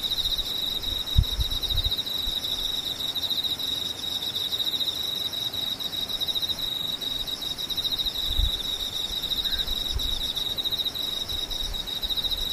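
Insects trill without pause, a bright, dense, pulsing chorus holding steady at a high pitch for the whole stretch, with fainter layers even higher. Low thumps break in near the start and again around eight seconds, and one brief chirp stands out near nine seconds.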